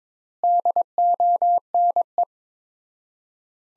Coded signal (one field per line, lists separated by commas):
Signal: Morse code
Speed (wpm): 22 wpm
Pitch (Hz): 700 Hz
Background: none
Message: DONE